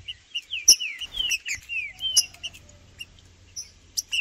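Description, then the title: Green-winged saltator song of quick slurred whistled notes, mostly falling, mixed with short chips and a faint low rumble underneath. Wild free-living trinca-ferro singing in the bush, 'macheando' (male display singing) in a dispute with rivals; birds named Blindado and Tufão. "Trinca Ferro no MATO Cantando e Macheando muito com Solto! Blindado e Tufão no mato"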